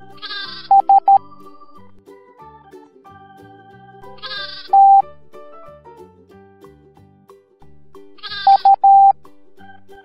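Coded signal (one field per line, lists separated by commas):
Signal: Morse code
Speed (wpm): 13 wpm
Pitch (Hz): 790 Hz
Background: music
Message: S T U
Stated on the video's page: Morse code alphabet lesson for kids, from an educational animated movie.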